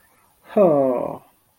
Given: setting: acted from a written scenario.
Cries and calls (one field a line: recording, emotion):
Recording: vocal sound without words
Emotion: sympathy